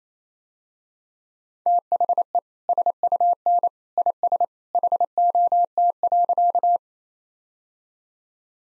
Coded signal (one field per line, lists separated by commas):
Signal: Morse code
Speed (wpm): 28 wpm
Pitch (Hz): 700 Hz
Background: none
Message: THE SUN IS HOT.